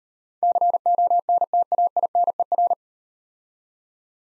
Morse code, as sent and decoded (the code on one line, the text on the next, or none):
-.-. --- -. - .- .. -. . .-.
CONTAINER